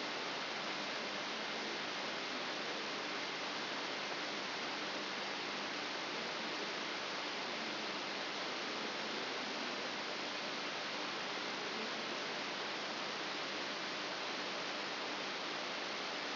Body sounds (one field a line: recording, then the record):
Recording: brain microelectrode recording played as sound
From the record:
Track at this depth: inside the subthalamic nucleus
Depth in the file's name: 4.302 mm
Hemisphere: left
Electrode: 3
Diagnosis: Parkinson's disease